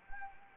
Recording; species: mosquito wingbeat signal from an infrared sensor; Anopheles arabiensis